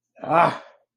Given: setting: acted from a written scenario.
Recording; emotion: vocal sound without words; triumph